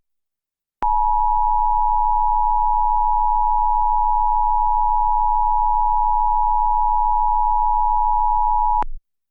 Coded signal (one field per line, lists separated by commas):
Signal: Emergency Alert System (SAME) tones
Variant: 853 and 960 Hz attention tone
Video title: EAS Scenario #8 - AMERICAN PSYCHO (4th of July Special)